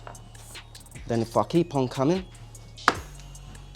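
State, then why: Released. Someone talks while a screwdriver holds the plastic clip on the back of the exterior door handle trim of an Audi R8 away from the handle and the trim is slid towards the installer. A sharp click at 2.9 s marks the hidden plastic clip unhooking. The trim comes loose.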